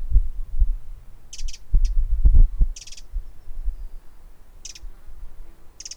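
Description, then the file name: Eurasian wren giving hard, clicking tick notes singly and in pairs, scattered across the stretch, with a few low thumps below. "Troglodytes troglodytes"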